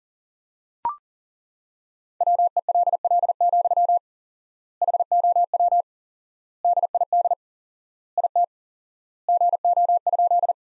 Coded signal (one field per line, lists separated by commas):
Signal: Morse code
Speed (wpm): 40 wpm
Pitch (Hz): 700 Hz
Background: none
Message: WELL, HOW DID IT GO?